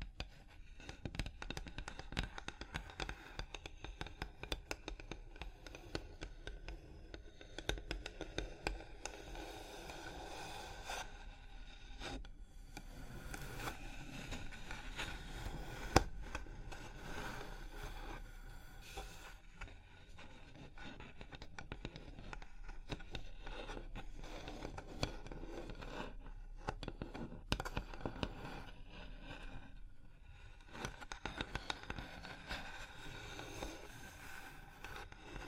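Continuous tapping, scratching and tracing on a surface, with dense, rapid, irregular taps and scrapes throughout. The sound stays fairly even and soft, mostly bright and crisp, with a low steady rumble underneath and a few sharper louder taps around 16 seconds.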